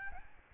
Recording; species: mosquito wingbeat signal from an infrared sensor; Aedes albopictus